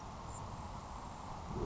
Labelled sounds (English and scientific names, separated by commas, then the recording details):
Grasshopper Sparrow (Ammodramus savannarum)
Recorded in Sonoma County, California